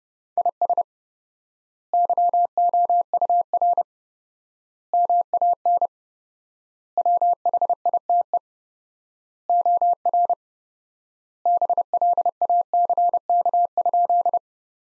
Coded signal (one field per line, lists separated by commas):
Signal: Morse code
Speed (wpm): 32 wpm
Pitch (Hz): 700 Hz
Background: none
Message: IS YOUR MAN WHITE OR BLACK?